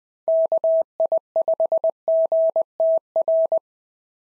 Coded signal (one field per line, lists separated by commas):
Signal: Morse code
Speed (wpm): 18 wpm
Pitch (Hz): 660 Hz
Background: none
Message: KI5GTR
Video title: POTA QSO Practice - 20wpm